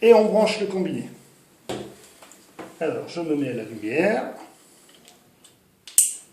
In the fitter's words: Clac! J'ai entendu le petit clic. Ça veut dire que mon connecteur est bien verrouillé.